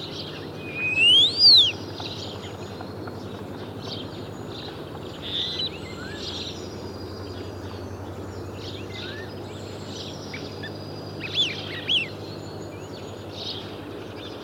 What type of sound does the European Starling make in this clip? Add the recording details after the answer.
song. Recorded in the wild. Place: Schaabe, Insel Rügen, Mecklenburg-Vorpommern, DE. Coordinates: 54.317, 13.413. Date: 1975-03-09. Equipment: Nagra III BH, Sennheiser MD 21, parabola. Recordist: Schubert, Michael